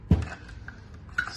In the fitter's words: slide that bolt in get it past that catch and you should hear it click in